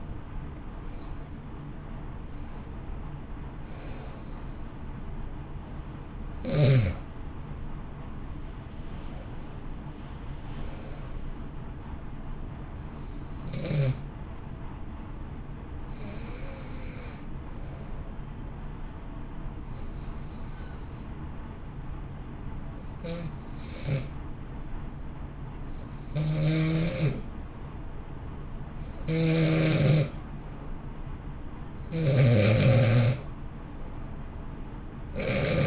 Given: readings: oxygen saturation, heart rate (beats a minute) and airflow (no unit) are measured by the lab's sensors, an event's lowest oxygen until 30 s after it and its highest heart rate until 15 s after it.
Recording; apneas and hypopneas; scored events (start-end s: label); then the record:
breathing in sleep by a smartphone at the bedside; 1
15.00-28.30 s: hypopnea (N1, oxygen 94% highest, then 91% lowest, heart rate 59 at the start, 63 highest)
28.00-35.67 s: new sleep stage, N2 (light sleep)
From the record:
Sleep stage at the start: N1 (lightest sleep); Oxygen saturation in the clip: 88 to 94%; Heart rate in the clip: 57 to 71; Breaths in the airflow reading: 10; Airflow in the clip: -1.4 to 2.5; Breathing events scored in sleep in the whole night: 328 in 6.3 hours asleep